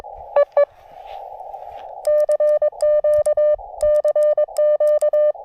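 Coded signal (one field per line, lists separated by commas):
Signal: Morse code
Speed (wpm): 20 wpm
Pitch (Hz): 600 Hz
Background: none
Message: EE CQ CQ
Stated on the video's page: Morse code SOTA activations from two North Carolina summits along the Blue Ridge Parkway.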